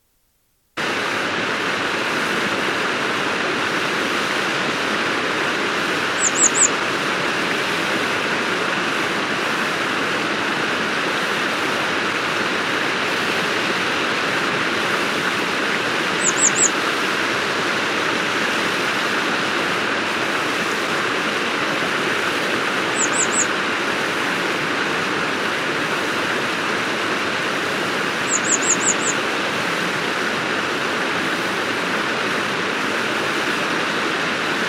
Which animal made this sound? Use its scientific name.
Motacilla cinerea